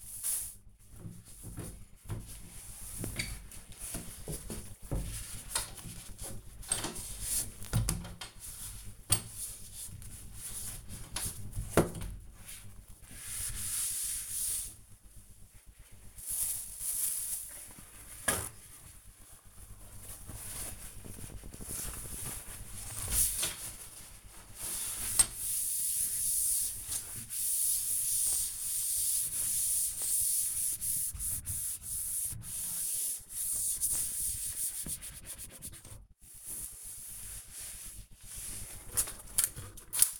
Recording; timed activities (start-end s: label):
household activities, microphone on the right wrist
0.00-40.20 s: cleaning door